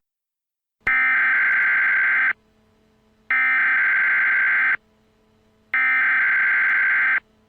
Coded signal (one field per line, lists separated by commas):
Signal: Emergency Alert System (SAME) tones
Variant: header bursts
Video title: EAS Scenario Preview: Zombie Hell